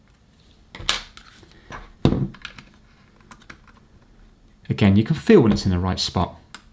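A plastic R1 shoulder button is lined up with its flat side next to R2 and handled against a PS5 DualSense controller during a battery replacement, giving short, sharp plastic taps and ticks while someone talks. Nothing has seated or clicked into place yet.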